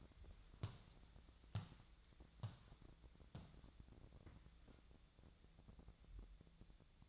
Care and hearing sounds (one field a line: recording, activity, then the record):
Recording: daily activity, microphone in the room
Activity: walk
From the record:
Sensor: 3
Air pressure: 1012.1 hPa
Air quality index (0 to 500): 182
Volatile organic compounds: 3 ppm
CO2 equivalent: 1397 ppm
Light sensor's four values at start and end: 56/143/63/67 and 50/134/58/60